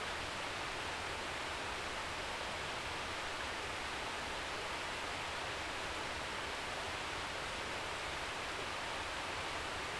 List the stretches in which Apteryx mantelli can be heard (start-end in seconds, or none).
none